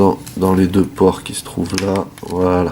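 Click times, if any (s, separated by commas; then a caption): none. Someone talks while handling a plastic part of a transforming robot toy, lining up its pegs with the two ports on the figure. The part is not yet pushed home, and nothing has seated or clicked yet.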